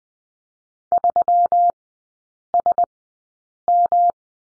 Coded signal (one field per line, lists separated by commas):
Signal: Morse code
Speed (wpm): 19 wpm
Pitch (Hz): 700 Hz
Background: none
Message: 3SM